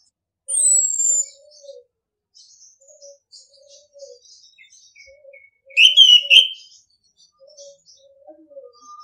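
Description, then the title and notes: Orange-headed thrush song: two loud bursts of rich, warbled whistles with sliding notes, over faint, soft repeated low notes and scattered high chirps in the background. Masteran (training) song in the ngeplong style. "ANIS KEMBANG NGEPLONG. Masteran Anis Kembang"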